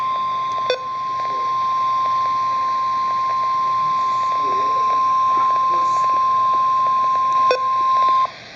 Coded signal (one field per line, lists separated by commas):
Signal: Emergency Alert System (SAME) tones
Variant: 1050 Hz attention tone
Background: speech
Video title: Severe Thunderstorm Warning (EAS #590)